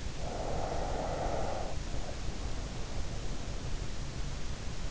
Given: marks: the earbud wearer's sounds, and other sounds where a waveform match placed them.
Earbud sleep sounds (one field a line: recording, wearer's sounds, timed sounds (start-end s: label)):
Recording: sounds in sleep by an in-ear microphone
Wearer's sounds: breath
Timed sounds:
0.16-3.08 s: breath